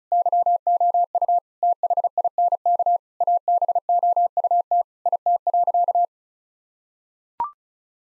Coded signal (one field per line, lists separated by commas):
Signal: Morse code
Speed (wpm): 34 wpm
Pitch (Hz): 700 Hz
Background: none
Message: YOU THINK ABOUT IT.